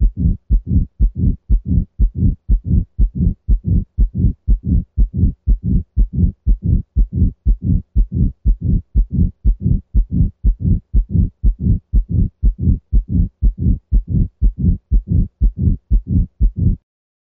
A systolic ejection murmur as it might sound in a cat with hypertrophic cardiomyopathy and outflow obstruction.